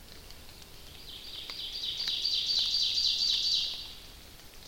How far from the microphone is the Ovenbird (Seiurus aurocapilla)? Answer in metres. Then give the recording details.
about 45 m. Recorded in boreal forest in Alberta, Canada, on 29 May 2016 at 06:48. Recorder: SongMeter 3, array SBT-3-49. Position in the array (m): 106 m, 143 m. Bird 15